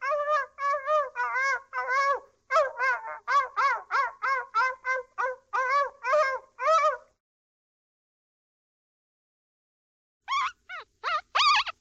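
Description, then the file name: Dog whining in pain, a rapid run of high, harmonic yelping whines about two per second, then a pause and a few more sharp cries. Dog whining from pain. "sobaka skulit ot boli"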